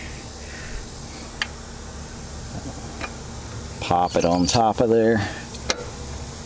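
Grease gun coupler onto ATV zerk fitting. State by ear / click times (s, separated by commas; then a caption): seated / 5.7 s. Someone talks while the metal coupler on a grease gun nozzle is popped onto the top of an ATV zerk grease fitting. A sharp click follows right away at 5.7 s as the coupler seats onto the fitting, with a faint earlier tick at 1.4 s over a steady low background hum.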